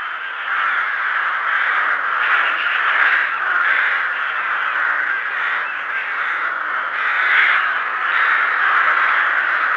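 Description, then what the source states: Rook: a steady wall of hoarse rook caws, countless birds calling at once in a rough, unbroken clamour. Rooks calling at a rookery.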